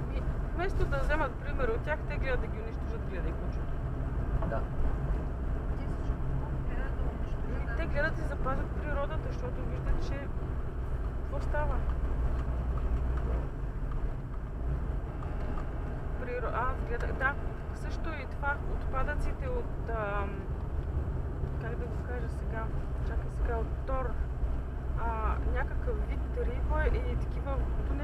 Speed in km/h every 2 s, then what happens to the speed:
50, 49, 49, 49, 48, 48, 47, 46, 45, 43, 41, 39, 37, 35.
0-15 steady at about 48. 15-28 slows to 35.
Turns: 18-23.